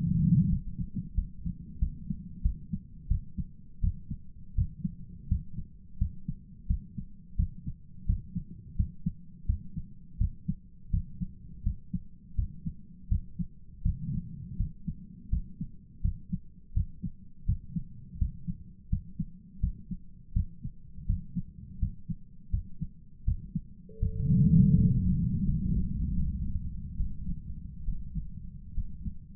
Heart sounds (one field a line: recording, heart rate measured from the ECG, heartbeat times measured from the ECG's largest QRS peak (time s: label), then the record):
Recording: heart sounds by stethoscope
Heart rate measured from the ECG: 83 bpm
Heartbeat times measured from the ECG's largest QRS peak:
0.49 s: heartbeat
1.14 s: heartbeat
1.78 s: heartbeat
2.41 s: heartbeat
3.07 s: heartbeat
3.80 s: heartbeat
4.54 s: heartbeat
5.27 s: heartbeat
5.97 s: heartbeat
6.66 s: heartbeat
7.35 s: heartbeat
8.05 s: heartbeat
8.75 s: heartbeat
9.45 s: heartbeat
10.17 s: heartbeat
10.90 s: heartbeat
11.63 s: heartbeat
12.35 s: heartbeat
13.08 s: heartbeat
13.82 s: heartbeat
14.56 s: heartbeat
15.29 s: heartbeat
16.01 s: heartbeat
16.73 s: heartbeat
17.45 s: heartbeat
18.17 s: heartbeat
18.89 s: heartbeat
19.60 s: heartbeat
20.32 s: heartbeat
21.05 s: heartbeat
21.79 s: heartbeat
22.50 s: heartbeat
23.24 s: heartbeat
23.98 s: heartbeat
24.75 s: heartbeat
25.44 s: heartbeat
26.12 s: heartbeat
26.96 s: heartbeat
27.84 s: heartbeat
28.73 s: heartbeat
From the record:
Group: healthy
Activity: rest 0-26 s, breath hold 26-29 s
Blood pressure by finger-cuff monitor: 157/84 mmHg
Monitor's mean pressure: 101 mmHg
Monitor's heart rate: 83 bpm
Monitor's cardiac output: 8 L/min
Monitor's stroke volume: 97 mL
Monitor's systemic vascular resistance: 930 dyn s/cm5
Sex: male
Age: 57 years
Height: 188 cm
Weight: 106 kg